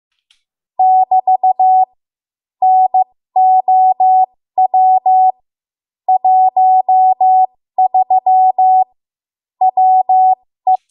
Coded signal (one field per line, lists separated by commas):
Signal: Morse code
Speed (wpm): 15 wpm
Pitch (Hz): 750 Hz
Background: none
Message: <BT> NOW 13 WE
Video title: 1 Intro to Ham Radio